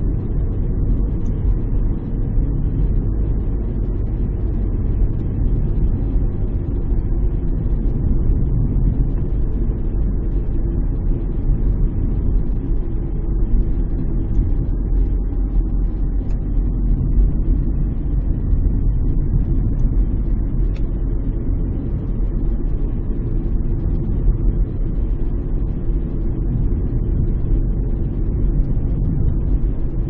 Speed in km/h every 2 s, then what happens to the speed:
40, 39, 39, 38, 36, 36, 34, 33, 34, 37, 37, 37, 36, 38, 36.
0-30 steady at about 37.